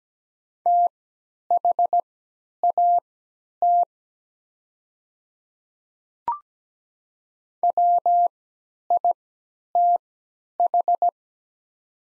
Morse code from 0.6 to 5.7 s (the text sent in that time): THAT